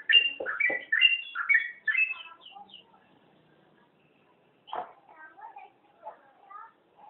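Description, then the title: Oriental magpie-robin singing a rapid series of whistled notes that trails off into quieter, scattered chirps after a pause of about two seconds. "Kicau Kacer"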